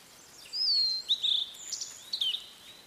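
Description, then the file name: Blue-and-white flycatcher song: a long, clear, high whistle that slides gently downward, then short buzzy twittering notes and another brief whistled flourish. "oruri"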